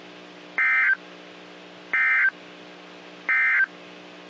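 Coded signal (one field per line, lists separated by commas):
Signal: Emergency Alert System (SAME) tones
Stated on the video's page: NOAA Weather Radio alerts for severe storms, Fort Worth transmitter.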